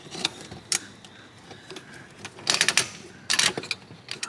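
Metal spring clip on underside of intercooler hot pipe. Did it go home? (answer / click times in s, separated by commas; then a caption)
released / 2.8 s. A flat-blade screwdriver pries open the second metal spring clip on the underside of an NP300's intercooler hot pipe, near the earth strap, during a CRG hot pipe upgrade. Sharp metallic ticks and scraping build into a quick cluster of clicks, and the clip pops open at 2.8 s, followed by another burst of metallic rattling. The clip is released and unclipped from the hot pipe.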